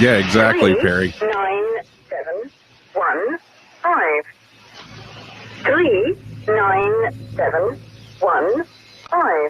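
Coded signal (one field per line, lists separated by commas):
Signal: numbers station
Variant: English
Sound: voice reading single digits, evenly spaced with short pauses, slightly muffled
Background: room hum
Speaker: I'll play a little video of uh some number stations Maybe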